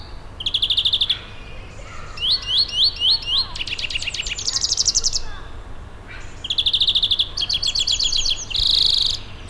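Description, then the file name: European greenfinch giving rapid twittering trills and buzzy rattles, in bursts of fast repeated notes broken by short pauses, with a steady low rumble beneath. "Chloris chloris"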